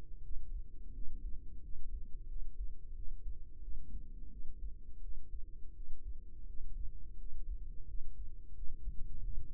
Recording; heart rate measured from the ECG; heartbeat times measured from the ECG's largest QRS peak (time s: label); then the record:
heart sounds by microphone in the right ear; 87 bpm
0.20 s: heartbeat
0.91 s: heartbeat
1.60 s: heartbeat
2.26 s: heartbeat
2.92 s: heartbeat
3.59 s: heartbeat
4.28 s: heartbeat
4.99 s: heartbeat
5.72 s: heartbeat
6.44 s: heartbeat
7.16 s: heartbeat
7.85 s: heartbeat
8.53 s: heartbeat
9.21 s: heartbeat
From the record:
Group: healthy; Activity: cold pressor test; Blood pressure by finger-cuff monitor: 114/66 mmHg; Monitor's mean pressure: 81 mmHg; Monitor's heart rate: 87 bpm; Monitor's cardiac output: 6.4 L/min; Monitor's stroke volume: 76 mL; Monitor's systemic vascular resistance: 910 dyn s/cm5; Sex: female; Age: 32 years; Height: 168 cm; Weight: 61.9 kg